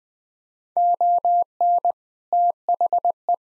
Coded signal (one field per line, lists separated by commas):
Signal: Morse code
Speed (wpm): 21 wpm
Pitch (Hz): 700 Hz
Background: none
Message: ON THE